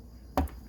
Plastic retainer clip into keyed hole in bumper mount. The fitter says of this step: And then boom, pops in place.